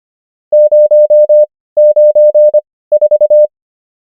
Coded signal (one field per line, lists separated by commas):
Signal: Morse code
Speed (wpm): 25 wpm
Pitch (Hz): 600 Hz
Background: none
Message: 094